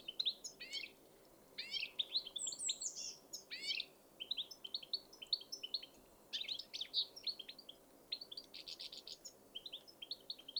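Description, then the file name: European goldfinch giving bright, tinkling twitters in quick bursts, with short pauses between clusters of liquid, high notes. "Carduelis carduelis"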